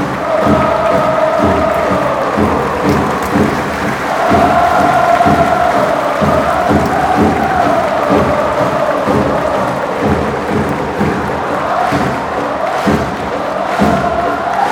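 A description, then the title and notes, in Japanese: A stadium crowd of football supporters chants and sings together in unison, heard from high up in the stands. The sound stays loud and dense throughout, with the melody rising and falling over a steady, fast beat of drums or clapping. J1第23節鹿島アントラーズvs大宮アルディージャ。県立カシマサッカースタジアム2Bゾーン鹿島サポーターよりの最上段付近。ローランドR-09。AGC：OFF、EXT MIC TYPE：STEREO、LOW CUT：ON、MIC GAIN：LOW。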